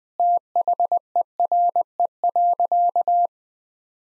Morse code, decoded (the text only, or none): THERE.